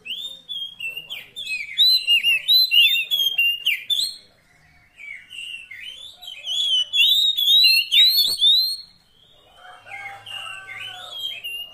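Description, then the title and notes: Oriental magpie-robin song, a rich, nearly continuous run of sweet whistles, slurred notes and scratchy chatter, briefly breaking off twice before picking up again. Long-duration fill-in (isian) training track of magpie-robin song, meant to make the bird sing energetically (gacor) day and night. "Kacer Jadi Gacor Siang Malam. Isian Kacer Durasi Panjang"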